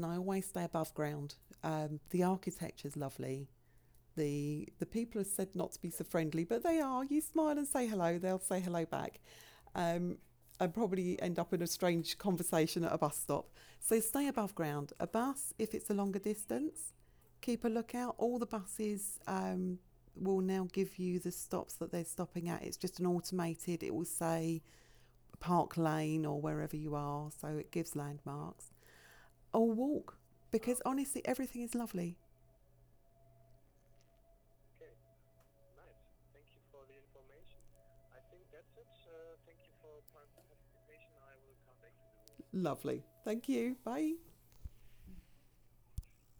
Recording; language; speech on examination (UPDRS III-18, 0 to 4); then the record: conversation on a phone call; English; 0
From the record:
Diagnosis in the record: healthy control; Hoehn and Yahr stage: 0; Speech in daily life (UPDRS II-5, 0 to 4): 0